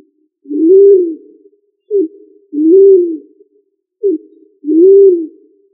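Pigeon coos in a steady series: each brief clipped note is followed by a drawn-out, arched coo, repeating about every two seconds, with nothing else audible.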